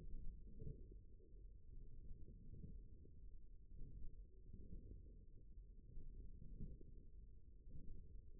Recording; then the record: forearm muscle sounds (acoustic myography)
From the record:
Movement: forearm pronation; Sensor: system 1, eight BSWA MPA416 microphones around the upper forearm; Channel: 1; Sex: male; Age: 54 years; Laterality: right